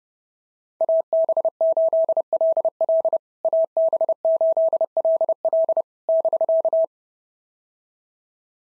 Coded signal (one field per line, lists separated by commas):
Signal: Morse code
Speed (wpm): 30 wpm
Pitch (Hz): 650 Hz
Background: none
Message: AB8LL AB8LL <BK>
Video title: POTA QSO Practice - 30wpm